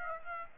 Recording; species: mosquito wingbeat signal from an infrared sensor; Aedes aegypti